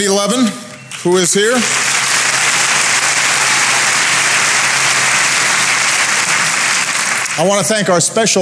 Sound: applause